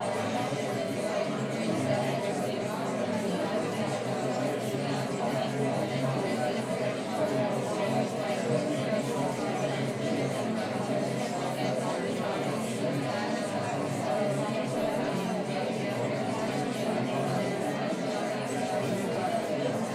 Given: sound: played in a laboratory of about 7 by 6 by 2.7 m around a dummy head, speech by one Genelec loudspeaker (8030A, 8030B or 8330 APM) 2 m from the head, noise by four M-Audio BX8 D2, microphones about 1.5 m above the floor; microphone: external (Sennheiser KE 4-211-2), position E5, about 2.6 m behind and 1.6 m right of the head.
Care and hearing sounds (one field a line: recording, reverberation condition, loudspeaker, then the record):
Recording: babble noise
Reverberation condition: medium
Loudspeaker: four, about 170 cm from the corners of the room and facing them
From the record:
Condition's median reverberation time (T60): about 510 ms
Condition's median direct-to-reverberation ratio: about -0.5 dB